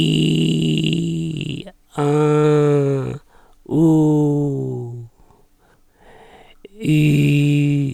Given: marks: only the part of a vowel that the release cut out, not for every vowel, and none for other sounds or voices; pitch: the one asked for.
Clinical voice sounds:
sustained vowels; male; 70 to 79 years
0.00-1.29 s: vowel /i/, normal pitch
2.03-2.96 s: vowel /a/, normal pitch
3.78-4.70 s: vowel /u/, normal pitch
6.99-7.81 s: vowel /i/, high pitch
From the record:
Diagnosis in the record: recurrent laryngeal nerve paralysis, contact pachydermia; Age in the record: 74 years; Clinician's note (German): Rechts mit Kompensation; Kontaktpachydermie

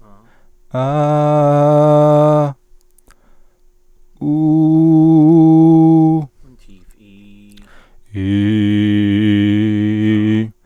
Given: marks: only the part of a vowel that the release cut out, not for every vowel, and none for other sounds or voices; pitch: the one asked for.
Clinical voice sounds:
sustained vowels; male; 30 to 39 years
0.87-2.37 s: vowel /a/, high pitch
4.42-6.15 s: vowel /u/, high pitch
8.35-10.09 s: vowel /i/, low pitch
From the record:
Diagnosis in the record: stuttering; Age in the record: 31 years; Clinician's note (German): Stimmlippen ohne Befund

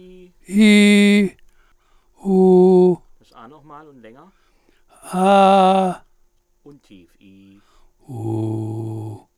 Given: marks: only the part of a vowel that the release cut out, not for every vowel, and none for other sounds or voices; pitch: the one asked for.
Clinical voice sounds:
sustained vowels; male; 80 to 89 years
0.60-1.21 s: vowel /i/, high pitch
2.30-2.89 s: vowel /u/, high pitch
5.17-5.86 s: vowel /a/, high pitch
8.19-9.02 s: vowel /u/, low pitch
From the record:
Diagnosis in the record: presbyphonia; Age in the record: 83 years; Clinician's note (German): Mit Stimmschwäche

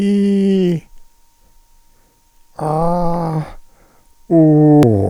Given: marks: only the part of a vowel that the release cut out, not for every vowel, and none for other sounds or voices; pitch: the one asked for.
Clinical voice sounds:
sustained vowels; male; 80 to 89 years
0.00-0.70 s: vowel /i/, normal pitch
2.70-3.33 s: vowel /a/, normal pitch
4.33-4.83 s: vowel /u/, normal pitch
From the record:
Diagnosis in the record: presbyphonia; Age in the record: 81 years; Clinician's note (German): Vox senilis

